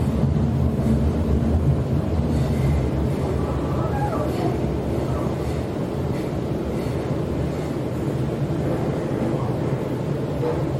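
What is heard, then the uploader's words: Inside a train heading into the city, a steady low rumble and droning hum fill the carriage, with faint brief squeals near four seconds. Go to City by Sydney Train 電車でシドニー市内に向かう.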